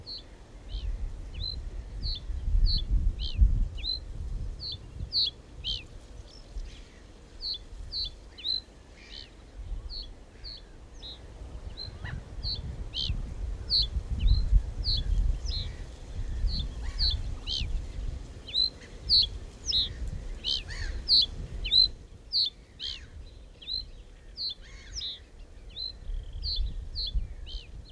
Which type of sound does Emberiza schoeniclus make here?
song